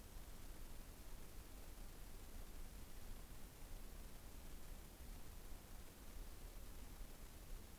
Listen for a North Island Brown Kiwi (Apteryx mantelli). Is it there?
no